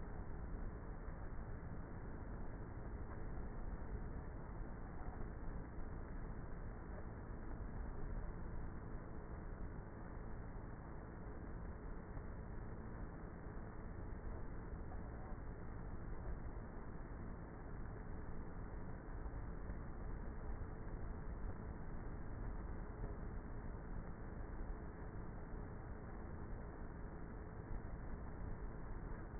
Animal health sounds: honeybee colony, microphone inside the hive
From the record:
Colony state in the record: queenless with a low population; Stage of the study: before two queens were removed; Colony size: about 30,000 bees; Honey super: no

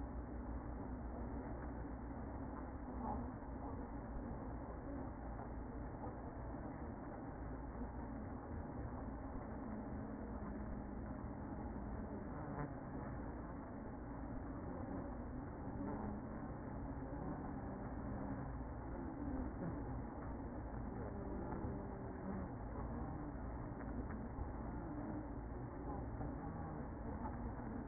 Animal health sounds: honeybee colony, microphone inside the hive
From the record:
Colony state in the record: queen present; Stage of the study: after two queens were removed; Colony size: about 60,000 bees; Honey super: yes

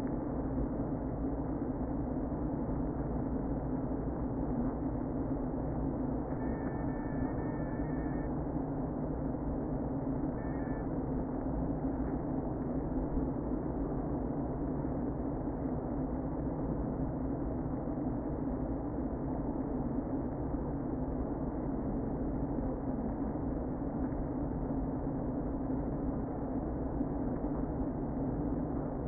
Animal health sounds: honeybee colony, microphone inside the hive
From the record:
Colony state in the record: queen present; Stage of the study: before two queens were removed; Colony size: about 60,000 bees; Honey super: yes

